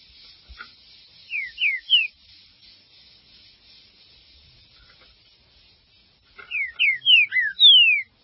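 Green-winged saltator singing loud, clean descending whistles, a short phrase of three notes, then a longer run of falling slurred notes after a pause.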